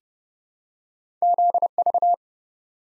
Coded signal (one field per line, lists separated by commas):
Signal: Morse code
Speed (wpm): 30 wpm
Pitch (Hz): 700 Hz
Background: none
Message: ZV